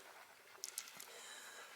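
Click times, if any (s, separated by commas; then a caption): none. A large plastic exterior lamp housing is handled and pushed back into the body of a BMW while listening for a click, with short sharp ticks and knocks around 0.6, 0.7, 0.8 and 1.0 seconds over a quiet background. Nothing has seated or clicked into place yet.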